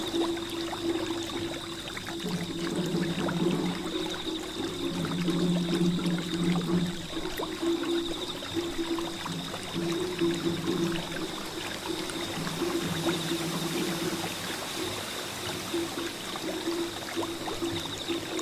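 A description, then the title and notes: Flowing water runs steadily throughout, a dense, busy trickle and splash with bright hiss on top. Under it, low drum tones ring and repeat in pulsing bands, swelling around the middle and fading near the end, while the overall level stays even. A midsummer night full of Zen, the sound of drums echoing on the small bridge and flowing water.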